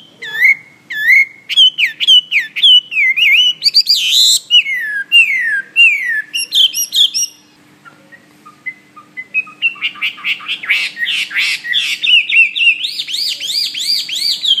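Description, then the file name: Hwamei song: repeated downslurred whistles in series, a brief pause, then a fast tumbling run of rising and falling notes. "omkicau hwamey"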